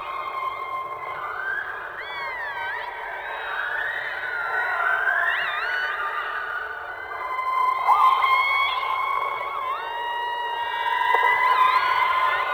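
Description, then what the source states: Orca calls underwater, harmonic wavering tones with looping upsweeps and downsweeps, overlapping calls from several animals throughout. Underwater recording of orcas.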